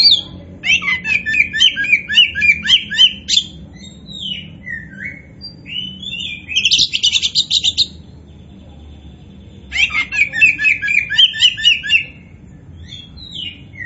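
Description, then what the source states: Oriental magpie-robin song: rapid, rhythmic chattering and whistled notes delivered in three bouts with quiet gaps between them, over a low steady hum. Bird in full, energetic song, described by the Indonesian term gacor; the bird is identified as a kacer poci.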